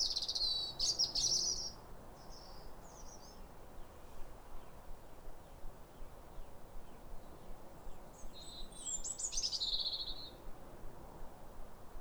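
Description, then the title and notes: European robin song in two bright bursts of high, liquid, tumbling notes separated by a long pause, with faint phrases and quiet hiss between. Pair of robins in neighbouring gardens duetting with wistful phrases at a clear, calm, rosy sunrise in winter around New Year, after weeks of rain. "Sound Escape 150: Be uplifted by a chorus of New Year's robins. A pair of robins in neighbouring gardens welcome the early sun with wistful phrases as if chatting over the fence. BBC Countryfile Magazine's Sound Escapes. Recorded by Fergus Collins"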